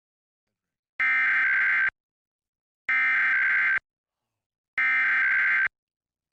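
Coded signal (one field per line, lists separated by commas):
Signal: Emergency Alert System (SAME) tones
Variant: header bursts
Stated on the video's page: Oklahoma required monthly test received from television subchannels and an HD radio station, recorded with a Tablo Quad tuner.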